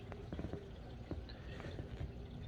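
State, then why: Not seated. A crimped wire terminal is pushed into a plastic wiring connector housing on a 2019 Ford F150 truck, making only faint, brief ticks and scrapes over a low background hum. Nothing has clicked into place, because the white locking insert was put back in and stops the terminal from seating.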